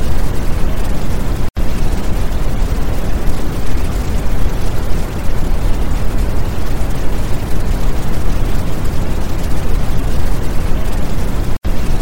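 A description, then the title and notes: Brown noise: a dense, steady rush weighted heavily toward deep rumbling lows, with the upper hiss much softer and duller. The level holds constant throughout, broken only by two very brief silent gaps, one near the start and one near the end. Brown Noise. A stronger deeper sound without the high frequency.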